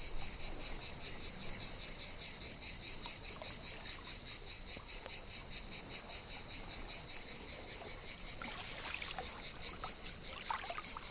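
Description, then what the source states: Cicadas in a continuous pulsed buzzing chorus, beating a few times a second, with water sounds and a splash late on. Cicadas calling as an ambient chorus in the morning at a Mediterranean calanque beach of fine gravel, with water on the shore.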